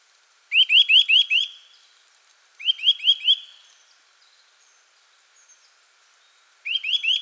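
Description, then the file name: Eurasian nuthatch giving loud upslurred whistles in three bursts of several notes each, the last burst cut off at the end. "Sitta europaea"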